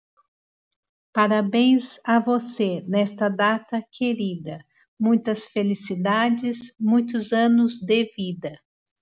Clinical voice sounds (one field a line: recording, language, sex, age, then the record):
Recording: short text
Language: Brazilian Portuguese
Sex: female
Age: 40 to 49 years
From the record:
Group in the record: control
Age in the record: 49 years